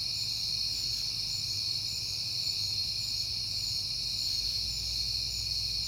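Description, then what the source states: Crickets chirping in a dense, continuous high-pitched chorus, steady throughout, with a faint low rumble underneath. Crickets recorded at night in September, on a peaceful night.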